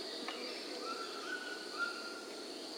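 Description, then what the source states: Undulated tinamou giving a single long, steady whistled note over a constant high background drone. South America.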